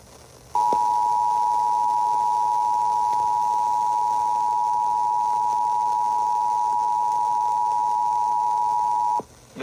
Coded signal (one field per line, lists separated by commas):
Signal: Emergency Alert System (SAME) tones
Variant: 853 and 960 Hz attention tone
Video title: EAS Flash Flood Warning for Boone on WKBC 97.3 - 8/20/2025